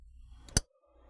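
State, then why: Seated. A plastic sensor wiring connector is pushed onto the sensor on a Flowmaster Delta Force 615103 cold air intake on a 2016-18 Camaro LT 3.6L. After a faint tick at 0.5 s, a sharp, bright click rings out at 0.6 s over low background hum, then it goes nearly quiet. The connector is seated.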